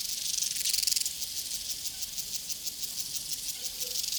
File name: Sounds from a Prairie Crickets and Cowbells